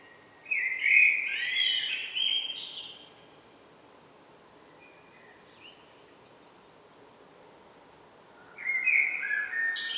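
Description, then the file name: Common blackbird sings a fluted phrase ending in high squeaks, falls quiet for several seconds, then begins another warbling phrase. "Turdus merula"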